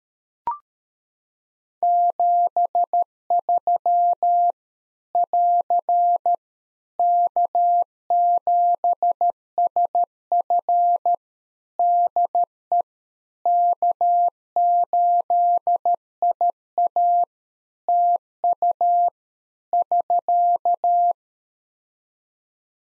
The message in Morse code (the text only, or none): 73 <AR> K7SF DE K8IA TU <SK>